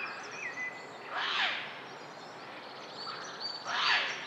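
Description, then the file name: Eurasian jay uttering two loud, raspy screeches about two and a half seconds apart, while other birds add soft high whistles and chips. "Garrulus glandarius"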